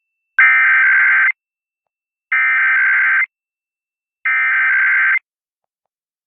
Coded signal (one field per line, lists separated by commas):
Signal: Emergency Alert System (SAME) tones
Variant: header bursts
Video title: Sunday Weeklies (EAS #11899-11902) 7/16/23